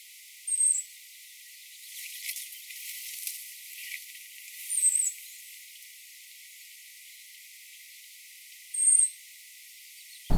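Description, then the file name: European robin giving three thin, high whistled calls spaced a few seconds apart, over a soft hiss with faint rustling. "Erithacus rubecula"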